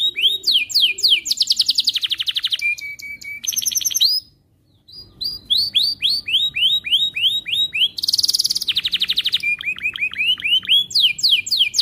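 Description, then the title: Atlantic canary song, a long varied run of rapid trills, buzzy rolls and downslurred whistled notes, with a brief pause near the middle before the trills resume. Canary singing actively, with the best varied phrases (cengkok) and rich fill-in notes (isian). "Kenari Gacor Cengkok Terbaik Isian Paling Mewah"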